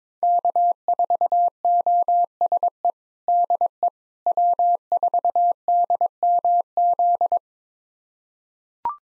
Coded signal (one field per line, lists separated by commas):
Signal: Morse code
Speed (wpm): 22 wpm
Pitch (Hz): 700 Hz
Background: none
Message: K4OSE DE W4DMZ